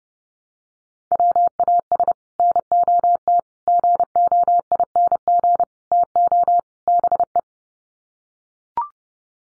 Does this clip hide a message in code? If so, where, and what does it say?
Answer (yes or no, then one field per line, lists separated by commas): yes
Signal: Morse code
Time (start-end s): 1.1-7.4 s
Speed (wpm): 30 wpm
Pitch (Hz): 700 Hz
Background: none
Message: WAS NOT GOING TO BE